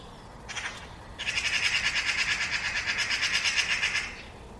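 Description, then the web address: Bird making a short, harsh rasp, then a longer, steadily pulsing buzzy rattle of about three seconds. "cianscape birddata Deverinetal"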